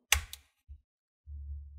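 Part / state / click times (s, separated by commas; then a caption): plastic case clip in a laptop chassis / released / 0.1 s. The plastic bottom case and palm rest of an Acer E5-573 laptop are pried open around the edge during disassembly for a repaste, and a plastic snap clip in the chassis pops free with a sharp click at 0.1 s, followed by a fainter snap at 0.3 s. A low rumble follows, and the clip is released.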